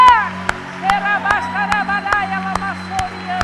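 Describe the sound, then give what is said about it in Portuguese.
A church audience claps in a steady, even rhythm, sharp beats roughly twice a second, while raised voices call out over the clapping and a low steady hum runs underneath. “Meu Deus, dá um aplauso de verdade.”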